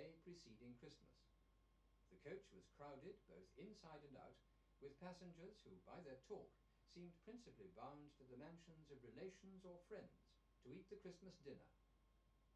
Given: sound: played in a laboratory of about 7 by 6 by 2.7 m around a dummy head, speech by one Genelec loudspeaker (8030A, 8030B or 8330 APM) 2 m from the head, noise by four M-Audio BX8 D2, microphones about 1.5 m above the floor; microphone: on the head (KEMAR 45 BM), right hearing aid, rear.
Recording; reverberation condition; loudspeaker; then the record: male speech in English; low; 30 degrees to the left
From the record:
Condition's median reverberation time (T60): about 310 ms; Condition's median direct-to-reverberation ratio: about 3.5 dB